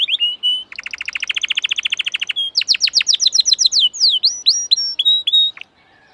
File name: Canary Singing